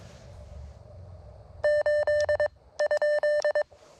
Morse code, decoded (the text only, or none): 8 ?